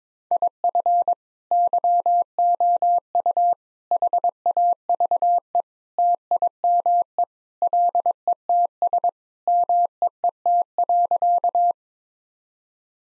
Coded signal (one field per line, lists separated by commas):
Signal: Morse code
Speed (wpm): 22 wpm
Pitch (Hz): 700 Hz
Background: none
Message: IF YOU HAVE TIME LETS MEET.